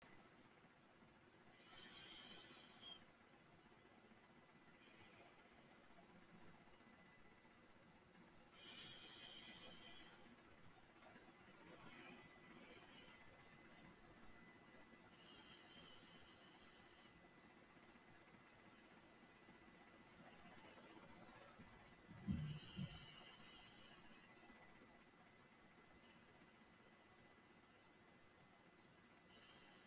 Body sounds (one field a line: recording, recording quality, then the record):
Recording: deep breathing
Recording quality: excellent, no background noise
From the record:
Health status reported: healthy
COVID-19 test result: not tested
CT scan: not taken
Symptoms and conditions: cough, cold, breathing difficulty, muscle pain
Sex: female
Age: 21 years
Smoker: no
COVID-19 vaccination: none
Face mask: not worn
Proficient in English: no